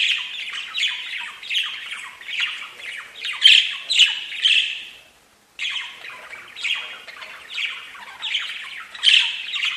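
Budgerigar chattering: harsh squawky notes and warbles in rapid bursts, briefly pausing midway before resuming the same busy chatter.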